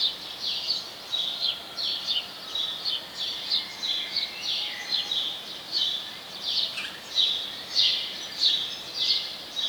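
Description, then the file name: House sparrow uttering a long run of evenly spaced chirps, some notes sliding downward, steady and insistent throughout with faint hiss. "Passer domesticus"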